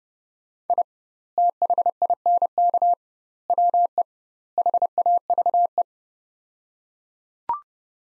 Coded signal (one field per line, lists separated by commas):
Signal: Morse code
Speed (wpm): 30 wpm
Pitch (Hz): 700 Hz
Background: none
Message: I THINK WE HAVE